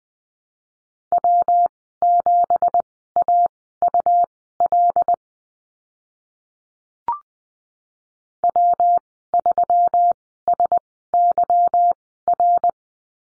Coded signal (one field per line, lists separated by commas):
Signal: Morse code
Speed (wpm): 20 wpm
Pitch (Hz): 700 Hz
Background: none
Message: W7AUL W3SYR